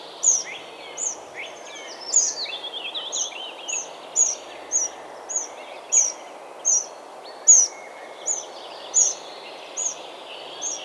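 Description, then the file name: Eurasian wren calls: short, sharp high notes repeated at uneven short intervals, over steady background noise with other birds singing lower. "Troglodytes troglodytes"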